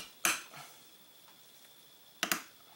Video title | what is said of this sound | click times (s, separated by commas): Part 2 of 2 - Taurus / Rossi Circuit Judge Cleaning & Disassembly - Removing Forend Stock | we go here that click that was a good solid click | 2.2 s